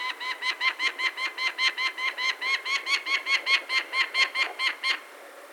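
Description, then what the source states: Peregrine falcon cackling steadily, a long string of many harsh, evenly spaced notes, stopping abruptly near the end. Recorded 6 May 2013 at 13:10.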